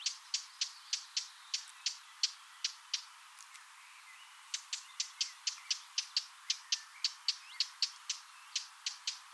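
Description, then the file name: Eurasian blackcap calling with sharp tac clicks in quick succession, a brief pause near the middle, then the clicking resumes at the same rapid pace. "Sylvia atricapilla"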